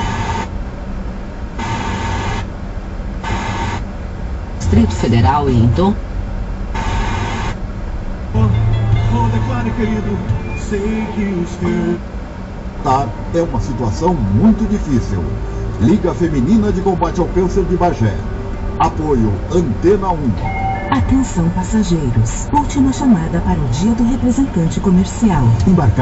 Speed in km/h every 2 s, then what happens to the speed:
13, 15, 18, 20, 17, 7, 9, 15, 18, 17, 18, 19, 17.
0-5 speeds up to 20. 5-10 slows to 7. 10-16 speeds up to 18. 16-26 steady at about 18.